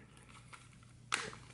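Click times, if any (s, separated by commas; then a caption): none. Someone works the plastic latch on a fold-up, transforming robot calculator toy, trying to snap it closed, with faint soft ticks and rustles followed by a sharp, louder plastic clack at about 1.1 s. The latch does not catch or hold because a part is broken, so nothing has seated or clicked.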